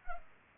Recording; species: mosquito wingbeat signal from an infrared sensor; Culex pipiens